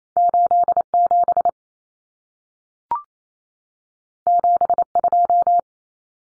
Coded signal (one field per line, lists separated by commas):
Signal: Morse code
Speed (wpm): 28 wpm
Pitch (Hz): 700 Hz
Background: none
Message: 87 72